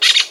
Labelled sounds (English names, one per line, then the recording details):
Brown-throated Parakeet contact call
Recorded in Venezuela
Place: Guárico; Corozopando; Fundo La Fe
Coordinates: 8.506, -67.593